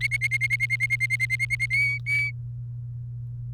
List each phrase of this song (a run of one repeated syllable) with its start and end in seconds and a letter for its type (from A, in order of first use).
0.01-1.66 A, 1.70-2.30 B